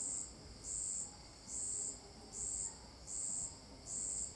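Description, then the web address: Cricket chirping, quick high bursts a bit faster than one per second, over a constant shrill insect drone. Marked, rhythmic calls; recorded at Alto Paraíso de Goiás, Brazil. "Cigarras e grilos marcados e ritmicos. local alto-paraiso-de-goias"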